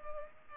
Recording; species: mosquito wingbeat signal from an infrared sensor; Culex pipiens